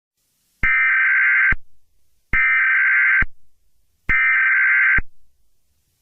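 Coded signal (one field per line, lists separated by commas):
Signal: Emergency Alert System (SAME) tones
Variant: header bursts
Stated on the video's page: Valid EAS tones in a fictional horror-themed emergency alert project.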